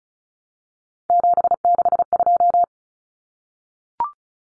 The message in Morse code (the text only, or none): 762